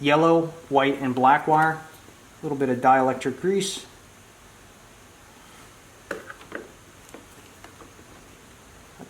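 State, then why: Seated. Someone talks, then a headlight harness plug on a 2020+ Super Duty with Morimoto XB headlights, its connector coated with dielectric grease, is pushed into the truck's wiring plug. It seats with a sharp click at 6.1 s, followed by a few quieter handling clicks.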